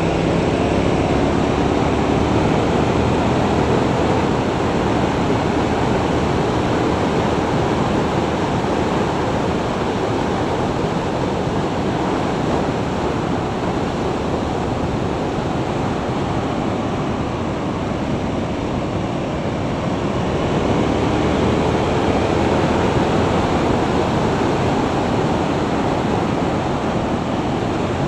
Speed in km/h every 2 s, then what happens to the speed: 91, 102, 106, 107, 102, 98, 93, 85, 80, 82, 89, 95, 92, 68.
0-5 speeds up to 107. 5-16 slows to 80. 16-23 speeds up to 95. 23-28 brakes to 68.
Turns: none.